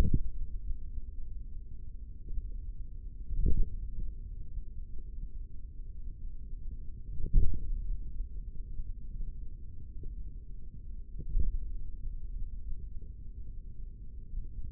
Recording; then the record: forearm muscle sounds (acoustic myography)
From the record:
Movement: hand opening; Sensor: system 3, bracelet of six PUI Audio POM-2738L microphones around the upper forearm, with dedicated amplification and filtering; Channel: 5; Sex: male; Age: 56 years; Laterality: right